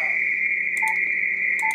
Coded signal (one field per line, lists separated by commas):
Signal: RTTY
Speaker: so I want memory that so that's just Oh CQ CQ CQ